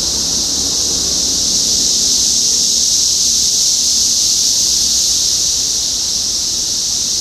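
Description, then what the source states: Continuous cicada buzzing, bright and high. Recorded in Topeka, Kansas, on 14 June 2015.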